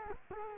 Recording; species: mosquito wingbeat signal from an infrared sensor; Culex quinquefasciatus